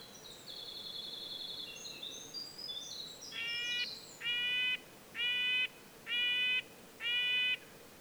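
Red-breasted nuthatch calls, five nasal honking notes in a steady series, after a stretch of another bird's high, thin whistled song at the start.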